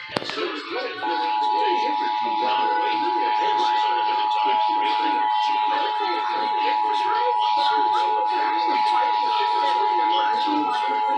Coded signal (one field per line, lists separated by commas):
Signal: Emergency Alert System (SAME) tones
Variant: 853 and 960 Hz attention tone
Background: speech, music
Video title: Los Angeles Required Monthly Tests (EAS #1287-1318) 8/27/19